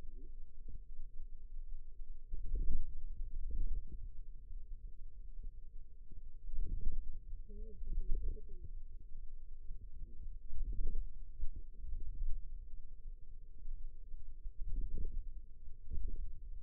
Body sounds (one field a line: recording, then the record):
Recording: forearm muscle sounds (acoustic myography)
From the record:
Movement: ulnar deviation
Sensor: system 2, bracelet of six BSWA MPA416 microphones around the upper forearm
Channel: 3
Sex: female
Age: 21 years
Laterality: right